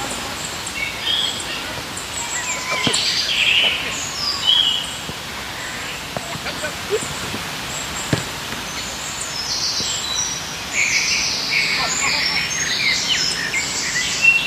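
In the park, birds chirp and twitter steadily over a low background hum, with a few brief clicks and soft knocks scattered throughout.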